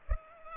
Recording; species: mosquito wingbeat signal from an infrared sensor; Culex pipiens